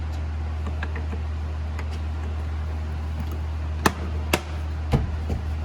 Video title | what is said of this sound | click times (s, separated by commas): How To Remove 2006-2010 Ford Explorer Door Panel | cover that snaps on here. | 3.9 s, 4.3 s